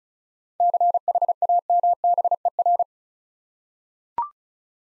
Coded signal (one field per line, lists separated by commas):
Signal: Morse code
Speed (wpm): 36 wpm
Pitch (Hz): 700 Hz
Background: none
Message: CHAMBER